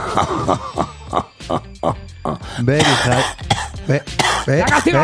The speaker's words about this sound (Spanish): Ahí está tosiendo y tiene que estar también encima.